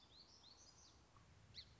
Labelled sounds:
Song Sparrow (Melospiza melodia)
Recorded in Sonoma County, California

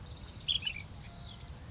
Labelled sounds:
Ash-throated Flycatcher (Myiarchus cinerascens)
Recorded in Sonoma County, California

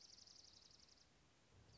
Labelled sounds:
Dark-eyed Junco (Junco hyemalis)
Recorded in Sonoma County, California

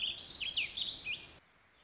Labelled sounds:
Warbling Vireo (Vireo gilvus)
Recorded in Sonoma County, California

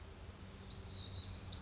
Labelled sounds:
Pacific Wren (Troglodytes pacificus)
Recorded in Sonoma County, California

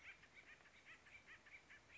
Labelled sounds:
Acorn Woodpecker (Melanerpes formicivorus)
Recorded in Sonoma County, California

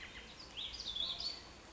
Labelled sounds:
Warbling Vireo (Vireo gilvus)
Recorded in Sonoma County, California

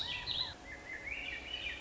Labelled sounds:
Swainson's Thrush (Catharus ustulatus)
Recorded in Sonoma County, California

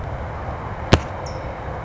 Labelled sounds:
California Towhee (Melozone crissalis)
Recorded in Sonoma County, California

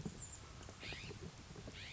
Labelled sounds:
California Scrub-Jay (Aphelocoma californica)
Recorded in Sonoma County, California

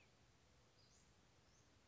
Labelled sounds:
Western Flycatcher (Empidonax difficilis)
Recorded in Sonoma County, California

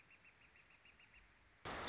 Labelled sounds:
Northern Flicker (Colaptes auratus)
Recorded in Sonoma County, California

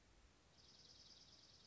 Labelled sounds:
Dark-eyed Junco (Junco hyemalis)
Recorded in Sonoma County, California

